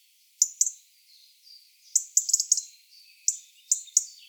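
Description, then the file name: European robin producing sharp high chirps, single and in quick clusters, separated by brief pauses with soft thin notes in between. "Erithacus rubecula"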